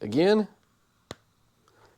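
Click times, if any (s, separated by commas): 1.1 s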